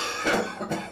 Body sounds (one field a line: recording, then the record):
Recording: coughing mixed with background sound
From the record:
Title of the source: Cough Around the Clock!